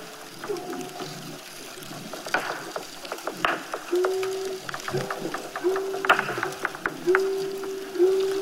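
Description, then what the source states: Walrus underwater: scattered clicks and knocks among several short tonal notes. Recorded underwater in the Bristol Bay area of Alaska; the recording mixes three sounds.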